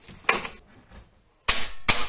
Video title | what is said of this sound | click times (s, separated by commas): DIY or Die: Replicating Discontinued Car Parts - Operation Crusty Baguette - Ep. 3 | And well, as you heard, this latch unlocked a lot earlier than that one, so I gave it a bit of slack on the line, | 1.5 s, 1.9 s